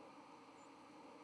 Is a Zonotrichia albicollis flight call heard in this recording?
no